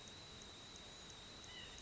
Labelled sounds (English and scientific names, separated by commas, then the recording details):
White-breasted Nuthatch (Sitta carolinensis)
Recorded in Sonoma County, California